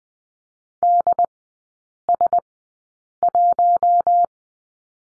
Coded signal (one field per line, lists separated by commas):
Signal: Morse code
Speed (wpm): 20 wpm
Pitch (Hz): 700 Hz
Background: none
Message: DS1